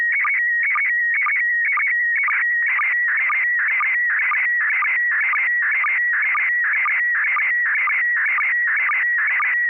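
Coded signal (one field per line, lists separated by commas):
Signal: SSTV (slow-scan television)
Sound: rapid warbling tone scan repeating about twice a second, with short low sync chirps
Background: FM repeater hiss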